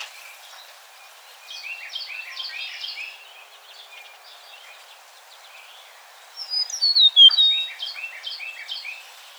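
Eastern meadowlark giving one loud phrase of slurred high whistles sweeping downward, with bouts of busy, repeated chattering notes before and during it.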